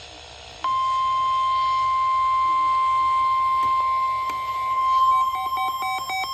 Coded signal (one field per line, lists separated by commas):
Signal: Emergency Alert System (SAME) tones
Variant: 1050 Hz attention tone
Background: speech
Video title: More Alerts: EAS Alerts From 5/6/25 (EAS #4265-4288)